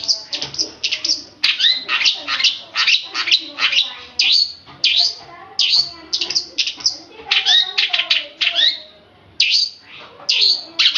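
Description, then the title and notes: Oriental magpie-robin singing a loud, rapid, continuous string of varied whistles, sharp chips and sweeping notes, with only brief pauses. Long-duration chirping recording of over an hour. "Kicau Kacer Durasi Panjang. manukmanukan"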